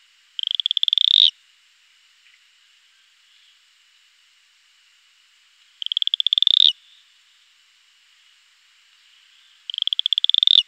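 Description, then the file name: Cayenne stubfoot toad producing three fast pulsed trills, each building in volume, separated by gaps of a few seconds. "Atelopus franciscus"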